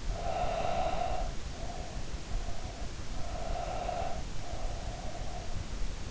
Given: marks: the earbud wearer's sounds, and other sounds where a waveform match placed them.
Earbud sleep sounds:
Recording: sounds in sleep by an in-ear microphone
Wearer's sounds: breath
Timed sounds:
0.14-3.05 s: breath
3.21-5.87 s: breath

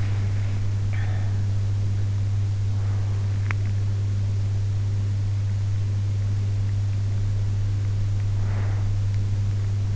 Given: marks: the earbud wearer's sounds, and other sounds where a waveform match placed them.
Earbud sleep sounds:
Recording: sounds in sleep by an in-ear microphone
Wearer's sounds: swallowing, teeth grinding, breath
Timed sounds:
0.00-1.74 s: swallowing
3.13-3.94 s: teeth grinding
8.24-9.05 s: breath

